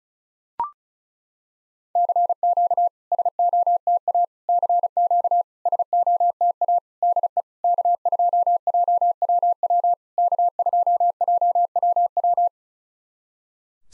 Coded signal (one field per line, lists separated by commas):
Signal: Morse code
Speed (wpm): 35 wpm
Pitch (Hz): 700 Hz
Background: none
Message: CQ SOTA CQ SOTA DE K2JWW K2JWW